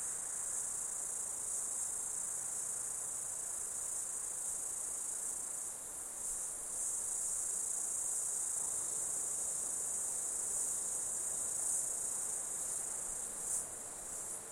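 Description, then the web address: Insects buzzing in a constant shrill high chorus with slight swells in loudness near the end. Insects during an Australian summer, outdoors. "Foundation 1 AMBIENCE AUSTRALIAN SUMMER INSECTS"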